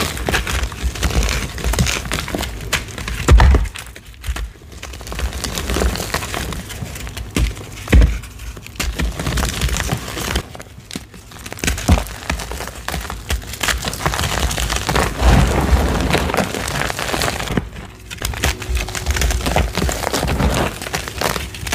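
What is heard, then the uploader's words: Gym chalk mixed with baby oil being crushed, a dense continuous crackling and crinkling with sharp snaps, briefly quieter near 4, 11 and 18 seconds. Baby Oil Gym Chalk Crushing Compilation.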